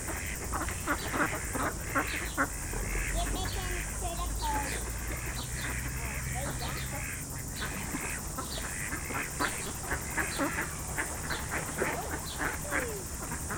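Ducks quacking in a loose chorus, many short nasal calls overlapping throughout, with a steady broad hiss in the background.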